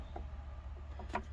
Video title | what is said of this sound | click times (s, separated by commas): Installing Shark Bite fittings for faucet | two hear that click and we're going to bring this up | 1.1 s